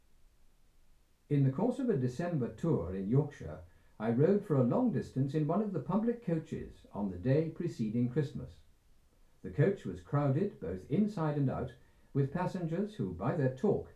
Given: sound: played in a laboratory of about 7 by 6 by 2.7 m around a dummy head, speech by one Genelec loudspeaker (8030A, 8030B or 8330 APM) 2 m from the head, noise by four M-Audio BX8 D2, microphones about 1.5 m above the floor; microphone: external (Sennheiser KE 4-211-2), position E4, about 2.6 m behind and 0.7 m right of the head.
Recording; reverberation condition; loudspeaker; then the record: male speech in English; low; 150 degrees to the right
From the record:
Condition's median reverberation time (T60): about 310 ms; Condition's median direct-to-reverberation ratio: about 3.5 dB